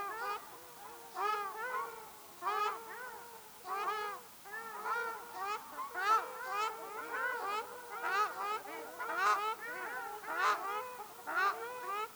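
Ruddy shelduck nasal honking calls, several birds overlapping in quick, uneven series.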